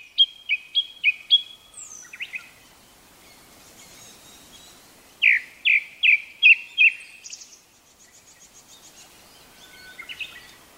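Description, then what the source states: Japanese thrush singing: a run of clear repeated whistled notes, then a loud group of five slurred notes, and softer trailing phrases at the end. Recorded at Togatta Onsen, a hot spring area in Miyagi Prefecture, Japan.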